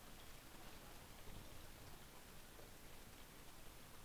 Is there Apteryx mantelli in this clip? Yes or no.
no